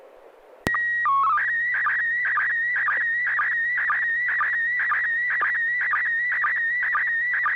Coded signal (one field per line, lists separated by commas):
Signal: SSTV (slow-scan television)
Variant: PD 120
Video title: N6NA SSTV Net - 06/22/2022